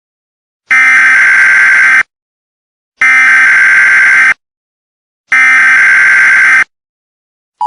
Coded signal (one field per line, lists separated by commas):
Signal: Emergency Alert System (SAME) tones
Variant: header bursts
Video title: Mini EAS Scenario:The Froggies invasion